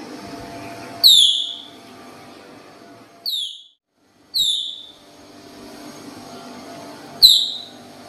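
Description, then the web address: Baird's tapir shrill whistles: four high, piercing squeals, each falling quickly in pitch and trailing off, spaced irregularly over several seconds above a steady low hum. "Baird's tapir. تاپیر-بیرد"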